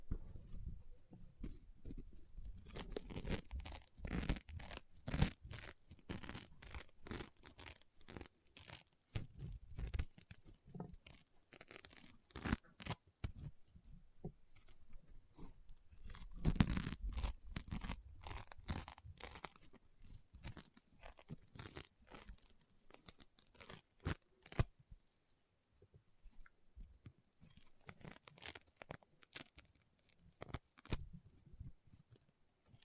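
Rainbow honeycomb slime gives off dense, irregular crunching and popping clicks, tearing and crinkling in bursts with brief quieter gaps throughout.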